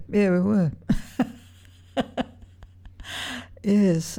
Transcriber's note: laughs